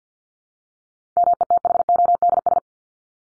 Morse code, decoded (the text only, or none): METHODS